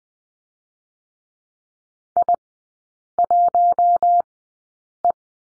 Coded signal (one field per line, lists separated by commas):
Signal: Morse code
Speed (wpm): 20 wpm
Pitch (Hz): 700 Hz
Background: none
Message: I1E